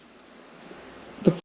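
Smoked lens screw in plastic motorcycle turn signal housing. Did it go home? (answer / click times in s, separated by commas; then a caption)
no / 1.3 s. A smoked lens screw is tightened into a plastic motorcycle turn signal housing over steady broadband background noise. At 1.3 s the plastic gives with a sharp crack: the housing cracks, the thread strips out and the piece pops off.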